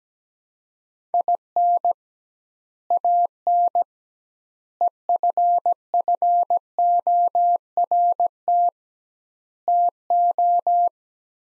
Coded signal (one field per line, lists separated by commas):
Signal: Morse code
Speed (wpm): 17 wpm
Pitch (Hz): 700 Hz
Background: none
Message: IN AN EFFORT TO